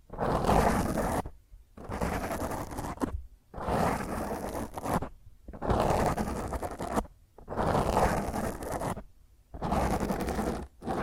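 Fingernails scratch roughly and hard across a microphone in repeated strokes, each lasting over a second, with short silent breaks between them. The scraping is dense and gritty, full of low rumble and harsh hiss, and comes back about six times at a fairly regular pace.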